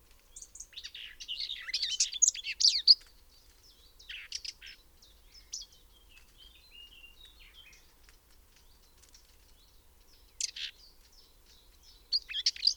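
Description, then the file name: Common whitethroat song: a scratchy, jerky warble lasting about two and a half seconds, repeated as short bursts later, with soft high notes in the gaps. "Grasmus Sylvia communis"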